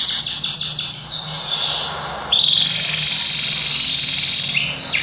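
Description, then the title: Yorkshire canary song, fast chattering trills shifting into a sustained high rolling trill that carries on steadily to the end. Song described as super long. ""Kenari Yorkshire". Suaranya Super Panjang"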